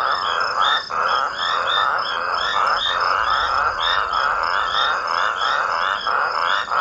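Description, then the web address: Toads in a raucous chorus, dense overlapping grating trills pulsing several times a second. "smallsounds raucous-toads sotw"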